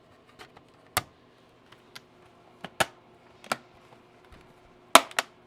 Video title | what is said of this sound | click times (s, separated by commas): Wii NINTENDO CONSOLE REPAIR A THON, SNOWED IN LETS GET IT! | And it snaps back together with a satisfying snap. | 5.0 s